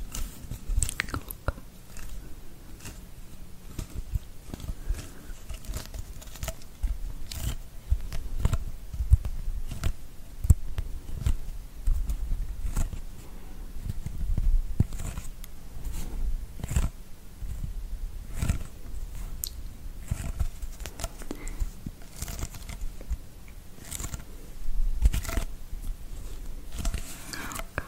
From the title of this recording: ASMR scratching your back